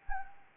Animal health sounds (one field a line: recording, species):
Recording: mosquito wingbeat signal from an infrared sensor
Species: Anopheles gambiae